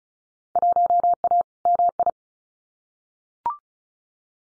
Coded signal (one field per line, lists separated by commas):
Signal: Morse code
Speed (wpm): 34 wpm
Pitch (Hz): 700 Hz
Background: none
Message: 1A MI